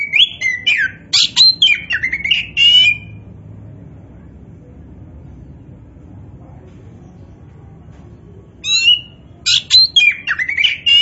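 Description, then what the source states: Oriental magpie-robin singing rich whistled and buzzy phrases for about three seconds, falling silent, then resuming near the end; faint low hum. Indonesian name kacer poci; gacor, describing a bird that sings actively and persistently.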